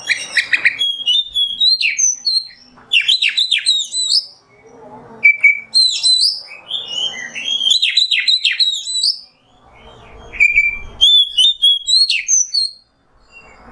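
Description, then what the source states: Oriental magpie-robin song: long, varied outpouring of loud whistled slurs, fast downsweeping notes and sweet held tones, paused now and then. Indonesian masteran (tutor recording) of kacer, the oriental magpie-robin, singing in the 'nembak' song style.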